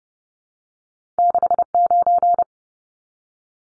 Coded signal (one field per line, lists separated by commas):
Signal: Morse code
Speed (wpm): 30 wpm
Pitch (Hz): 700 Hz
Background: none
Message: 69